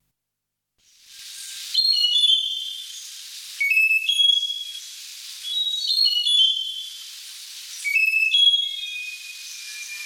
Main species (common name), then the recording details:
Slaty-backed Nightingale-Thrush. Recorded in the wild. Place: Monteverde Urwaldreservat, CR. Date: 1992-04-16. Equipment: Dat-Recorder Casio DA 7, Telinga DAT, Telinga-Parabolspiegel. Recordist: Schwarz, Dieter